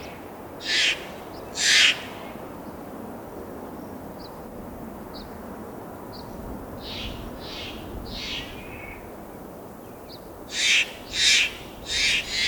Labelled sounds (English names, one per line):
Steller's Jay